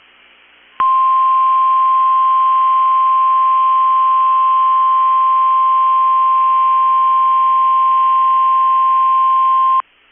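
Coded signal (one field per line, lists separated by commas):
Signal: Emergency Alert System (SAME) tones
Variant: 1050 Hz attention tone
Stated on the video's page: NOAA Weather Radio weekly test tones plus a Local Area Emergency alert.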